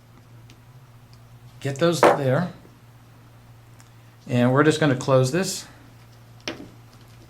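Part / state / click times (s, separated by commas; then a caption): snap connector lid closing over EL wire / seated / 6.5 s. A plastic EZ SNAP connector is closed over 2.2 mm EL wire, and it seats with a sharp snap at 6.5 s. Someone talks beforehand, and only a faint low hum runs underneath.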